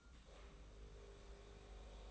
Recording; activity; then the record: daily activity, microphone in the room; make coffee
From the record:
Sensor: 1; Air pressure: 994.5 hPa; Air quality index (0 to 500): 228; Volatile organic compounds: 1000 ppm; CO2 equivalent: 8198 ppm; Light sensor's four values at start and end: 144/331/148/163 and 145/332/148/163